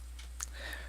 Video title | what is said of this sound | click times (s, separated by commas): How to Install Memory in a Dell OptiPlex 3020 Computer | computer doesn't come with the CD drive make sure it locks in place | 0.4 s